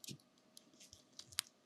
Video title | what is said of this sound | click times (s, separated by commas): This Super Rare Seiko Diver Is Completely trashed.... Can I Restore It? | There we go. That clicks what you want to hear. | 1.4 s